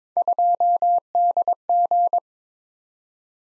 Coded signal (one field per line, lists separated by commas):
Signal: Morse code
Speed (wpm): 22 wpm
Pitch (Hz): 700 Hz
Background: none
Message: 2DG